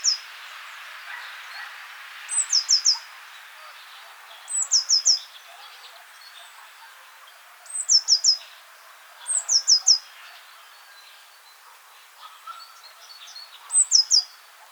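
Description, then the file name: Eurasian blue tit calling in short bursts of three or four rapid, high, down-slurred notes after a thin lead-in, with gaps of one to four seconds between bursts. "Cyanistes caeruleus"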